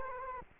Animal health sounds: mosquito wingbeat signal from an infrared sensor; Culex quinquefasciatus

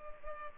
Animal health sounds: mosquito wingbeat signal from an infrared sensor; Culex pipiens

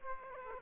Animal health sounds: mosquito wingbeat signal from an infrared sensor; Aedes aegypti

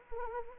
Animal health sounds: mosquito wingbeat signal from an infrared sensor; Anopheles arabiensis

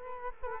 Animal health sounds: mosquito wingbeat signal from an infrared sensor; Culex quinquefasciatus

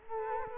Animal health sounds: mosquito wingbeat signal from an infrared sensor; Culex quinquefasciatus

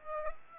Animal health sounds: mosquito wingbeat signal from an infrared sensor; Aedes aegypti

